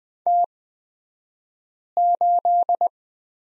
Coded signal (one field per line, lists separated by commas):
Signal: Morse code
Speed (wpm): 20 wpm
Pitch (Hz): 700 Hz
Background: none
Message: T8